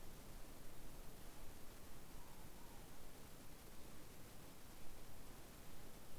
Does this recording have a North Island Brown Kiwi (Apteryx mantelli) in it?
no